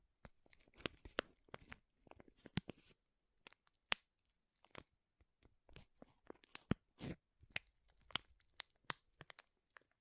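Powerful crinkling made of sharp, crisp snaps and crackles in irregular bursts, some quick clusters, some isolated pops. Each crackle is bright and brittle. A brief quieter stretch comes around three seconds, and a longer rustling crunch swells near seven seconds.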